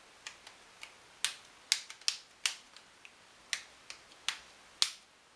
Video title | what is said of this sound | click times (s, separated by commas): Samsung Galaxy S4 Unboxing & Power On | βγήκε θα δούμε την μπαταρία ξανά το καπάκι κουμπώνει ωραία γύρω γύρω | 1.2 s, 1.7 s, 2.1 s, 2.5 s, 3.5 s, 4.8 s